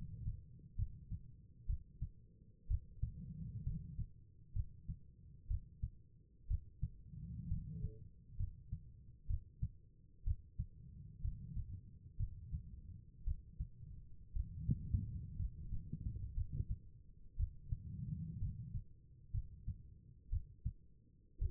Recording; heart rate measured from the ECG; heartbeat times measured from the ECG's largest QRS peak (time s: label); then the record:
heart sounds by stethoscope; 61 bpm
0.76 s: heartbeat
1.66 s: heartbeat
2.67 s: heartbeat
3.63 s: heartbeat
4.53 s: heartbeat
5.47 s: heartbeat
6.47 s: heartbeat
7.48 s: heartbeat
8.37 s: heartbeat
9.27 s: heartbeat
10.24 s: heartbeat
11.21 s: heartbeat
12.17 s: heartbeat
13.24 s: heartbeat
14.33 s: heartbeat
15.36 s: heartbeat
16.34 s: heartbeat
17.36 s: heartbeat
18.39 s: heartbeat
19.31 s: heartbeat
20.29 s: heartbeat
21.38 s: heartbeat
From the record:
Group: healthy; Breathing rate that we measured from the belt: 16 breaths a minute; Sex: female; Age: 36 years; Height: 163 cm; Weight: 88 kg